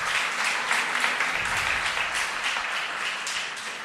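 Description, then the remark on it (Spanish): A crowd applauds steadily to welcome a visitor, dense overlapping claps forming a continuous, fairly loud wash of sound that holds for several seconds without anyone speaking. “Le damos un aplauso de bienvenida por la visita.”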